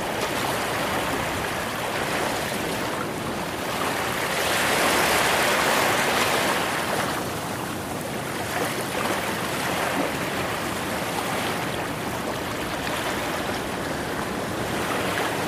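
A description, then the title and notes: Ocean waves wash in a dense, steady hiss, swelling louder around five to seven seconds before easing back into a continuous surf roar. Secret Beach Ocean Waves White Noise.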